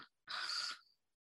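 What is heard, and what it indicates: A half-second rough, fluttering, snore-like noise imitated by an adult voice, representing stertor, an upper-airway sound that is more of a snore, as opposed to the high-pitched noise of stridor.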